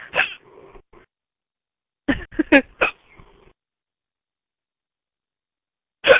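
An adult hiccuping: several sharp, abrupt hiccups, some in a quick cluster, with a pause before the next. The hiccups persist after trying to drink water to get rid of them.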